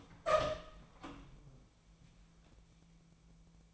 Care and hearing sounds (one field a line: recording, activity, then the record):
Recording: daily activity, microphone in the room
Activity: open door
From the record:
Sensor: 1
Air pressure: 1000.5 hPa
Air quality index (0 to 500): 179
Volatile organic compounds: 4 ppm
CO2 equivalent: 1659 ppm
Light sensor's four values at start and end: 12/29/12/14 and 12/30/12/14